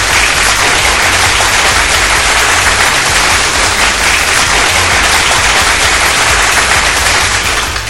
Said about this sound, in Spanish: Un aplauso, por favor.